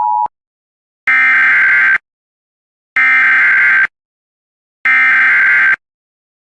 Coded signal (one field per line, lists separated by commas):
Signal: Emergency Alert System (SAME) tones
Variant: header bursts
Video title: EAS mock - Dish Network EAS test